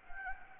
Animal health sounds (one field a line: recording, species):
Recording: mosquito wingbeat signal from an infrared sensor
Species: Anopheles gambiae